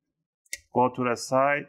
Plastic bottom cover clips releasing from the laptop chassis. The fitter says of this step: you want to hear those click sounds it's all you want to hear you want to do that all in the front end